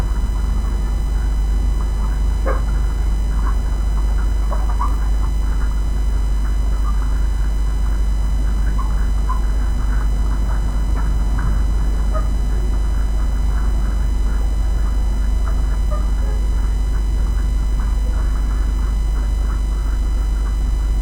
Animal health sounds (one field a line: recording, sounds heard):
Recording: poultry house recording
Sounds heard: sick chickens (respiratory disease)